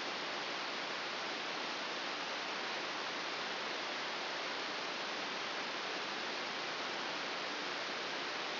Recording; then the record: brain microelectrode recording played as sound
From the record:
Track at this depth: outside the subthalamic nucleus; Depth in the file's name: 6.201 mm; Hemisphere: right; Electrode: 2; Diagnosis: Parkinson's disease